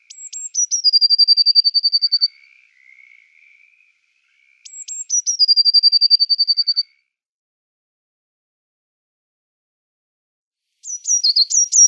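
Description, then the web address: Eurasian blue tit song: two or three thin high notes followed by a fast, even trill, given twice with a pause, then a brief new phrase at the end. "Schulze Peter Eurasian Blue Tit song"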